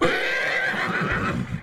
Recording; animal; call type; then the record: contact call of a hoofed animal; horse; whinny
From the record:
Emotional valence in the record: negative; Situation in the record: separation from one group member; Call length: 1.63 s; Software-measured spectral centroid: 2020 Hz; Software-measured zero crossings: 2650 a second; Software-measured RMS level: -24 dBFS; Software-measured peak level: -9 dBFS